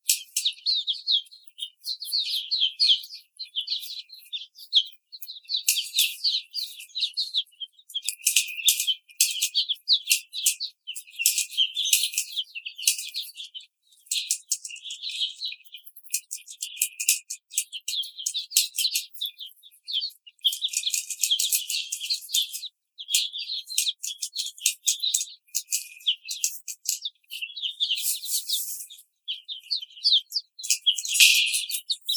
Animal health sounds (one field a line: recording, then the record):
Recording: young laying hens in a cage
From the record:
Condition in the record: treatment cage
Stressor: simulated dog barking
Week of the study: 5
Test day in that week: 1